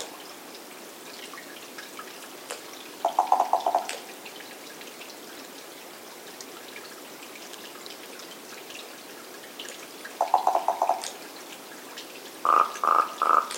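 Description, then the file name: Common raven calling sparsely: a short burst of hollow knocks, a long quiet gap, another knocking burst, then a few quick bell-like notes. "Common Raven - Corvus corax"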